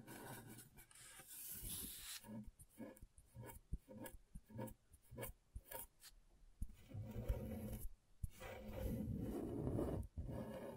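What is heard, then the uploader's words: Scratching on a scratchboard, opening with a rough, continuous scrape for about two seconds. A run of short, separate strokes follows, several per second, with a few sharper clicks among them. From about eight seconds the scraping turns steady and gritty again, with one brief break near the end. ASMR Brain Tingling Scratchboard (No Talking).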